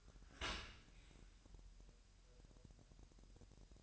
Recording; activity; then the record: daily activity, microphone in the room; open dishwasher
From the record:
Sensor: 2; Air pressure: 1000.3 hPa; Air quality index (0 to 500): 245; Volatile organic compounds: 89 ppm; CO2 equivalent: 3678 ppm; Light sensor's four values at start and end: 9/21/8/8 and 9/21/8/8